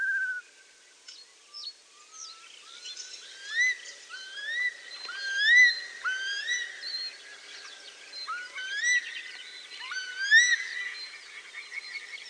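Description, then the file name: Eurasian curlew, a string of rising, slurred whistled calls, varying in loudness. "kulikwielki"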